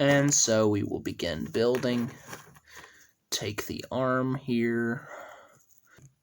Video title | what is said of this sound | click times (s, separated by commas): WM Blocks custom NOT LEGO minifigures | plug that right in like that, and it makes a very satisfying clicking. | 6.1 s